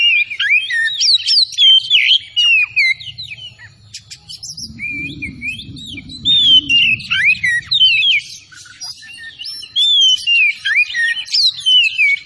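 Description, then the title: Oriental magpie-robin singing energetically, bursts of varied sweet whistles and quick slurred notes pouring out in short phrases, with a brief low rumbling noise midway. Singing vigorously (gacor); Tretes. "Kacer Tretes Gacor"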